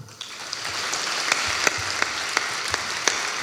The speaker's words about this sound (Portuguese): E uma salva de palmas para o nosso roast master anfitrião, Rui Xará.